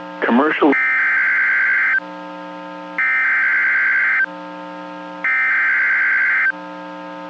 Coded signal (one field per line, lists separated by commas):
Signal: Emergency Alert System (SAME) tones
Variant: header bursts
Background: speech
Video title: EAS 1126-1129 (10/27/21)